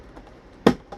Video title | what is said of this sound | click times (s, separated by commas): #MYC423 - storage organization tips | that one popped into place it's all snug | 0.7 s